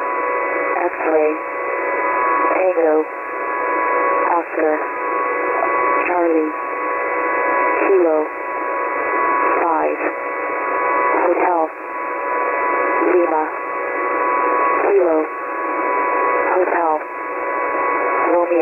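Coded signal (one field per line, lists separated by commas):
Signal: coded military voice message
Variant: HFGCS Emergency Action Message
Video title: HFGCS EAM 231223 16:16 UTC [92 CHARACTER MESSAGE]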